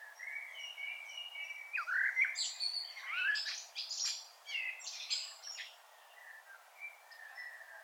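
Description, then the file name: Common blackbird song: a mellow fluted warble, then a burst of high squeaky twittering, with faint thin whistles before and after. "Turdus merula"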